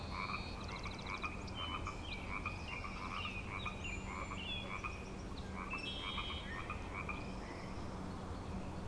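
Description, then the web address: Frog chorus, dense croaking with rapid pulsed trills, accompanied by chirping birds. Frog chorus tuning up at Grafton Lake, 3 May 2009. "The Frog Chorus Tunes Up On Grafton Lake frogs 090503"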